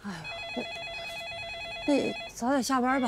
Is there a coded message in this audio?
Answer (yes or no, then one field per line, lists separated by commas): no